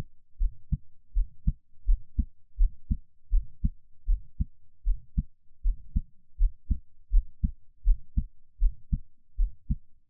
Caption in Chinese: 【ASMR】獻上我的心跳 | Give my Heartbeat。 NO Talking。 請使用耳機感受度較佳。 𝐌𝐲 𝐃𝐞𝐯𝐢𝐜𝐞 3𝐃𝐢𝐨 ⇢ 𝐑𝐨𝐨𝐦 𝐇6 ⇢ 𝐁𝐥𝐮𝐞 𝐘𝐞𝐭𝐢 ⇢ 𝐑𝐨𝐝𝐞 𝐍𝐓5 ⇢ 𝐌𝐢𝐧𝐢 𝐌𝐢𝐜 𝐁𝐄-𝐏1 ⇢ 𝐓𝐚𝐬𝐜𝐚𝐦 𝐃𝐑-40𝐗。